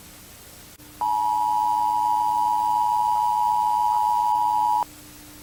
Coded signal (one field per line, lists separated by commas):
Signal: Emergency Alert System (SAME) tones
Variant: 853 and 960 Hz attention tone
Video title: Future Forecast: Emergency Alert